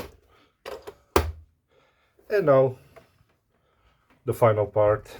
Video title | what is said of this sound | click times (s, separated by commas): Nespresso Lattissima One - Step by step disassembly and buttons repair | should also click in place | 1.2 s